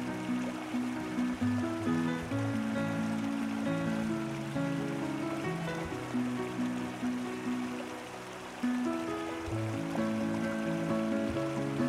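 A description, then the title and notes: Soft music with steady sustained notes and shifting chords plays over a continuous, even wash of stream water, with a brief dip near eight seconds. WATER Stream Sound with MUSIC to Fall ASLEEP. Sound of a stream with soft music.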